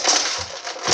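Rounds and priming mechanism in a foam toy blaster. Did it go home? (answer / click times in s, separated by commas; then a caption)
no / none. Rounds and the priming mechanism of a Nerf Rival Atlas XVI-1200 foam toy blaster are handled as the feed is worked, giving a short burst of dense, gritty plastic rattling and scraping with brief low thumps. The clip ends just before the part goes home, so nothing has seated or clicked yet.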